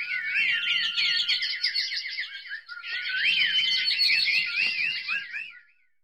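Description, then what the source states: Bird song of rapid, overlapping chirps and twisting whistled phrases, loud and continuous for about five and a half seconds before stopping. Birds chirping and whistling up close.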